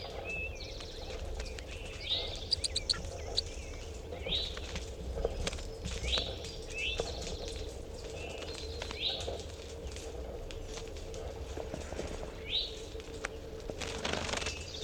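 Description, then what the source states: Crossbill calls, short sharp upslurred chips given irregularly over a steady low hum and background noise. Eight captive birds in a small 2-cubic-foot cage; the recordist hoped to capture fighting notes.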